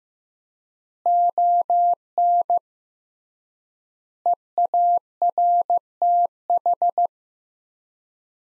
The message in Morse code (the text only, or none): ON EARTH